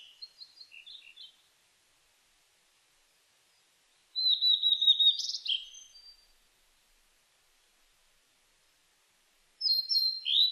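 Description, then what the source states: Blue-and-white flycatcher singing: soft opening notes, then a loud warbled phrase of high whistles ending in a sharp buzzy note, and another phrase beginning after a pause. Recorded on 23 May 2004.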